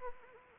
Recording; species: mosquito wingbeat signal from an infrared sensor; Anopheles arabiensis